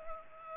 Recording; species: mosquito wingbeat signal from an infrared sensor; Culex pipiens